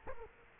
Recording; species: mosquito wingbeat signal from an infrared sensor; Culex quinquefasciatus